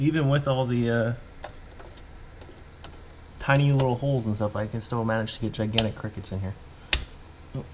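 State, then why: Seated. A memory module's retention clip in a server motherboard DIMM slot is noticed not yet closed and clicked down into place. Someone talks while faint ticks and small taps sound, then a single sharp snap at 6.9 s marks the clip seating.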